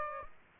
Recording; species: mosquito wingbeat signal from an infrared sensor; Aedes aegypti